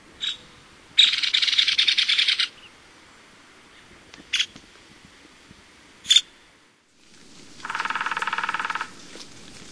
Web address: Songs of Birds of North America Stokes. Nuttalls Woodpecker